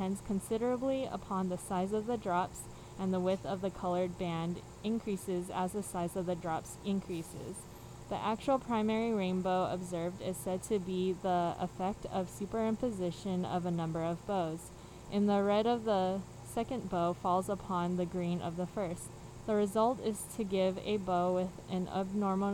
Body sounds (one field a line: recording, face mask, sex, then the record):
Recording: reading aloud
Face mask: surgical mask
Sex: female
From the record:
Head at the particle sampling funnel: facing it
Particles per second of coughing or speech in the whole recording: 0.0203